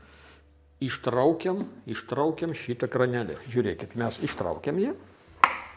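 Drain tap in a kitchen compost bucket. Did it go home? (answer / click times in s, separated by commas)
yes / 5.4 s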